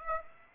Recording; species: mosquito wingbeat signal from an infrared sensor; Aedes aegypti